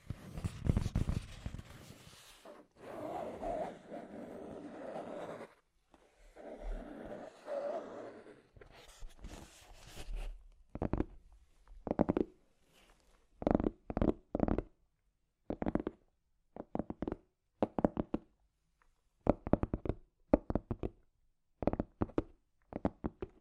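Scratchy tapping: rough scraping and rubbing for the first ten seconds, then sharp separate taps in quick bursts with short silences between.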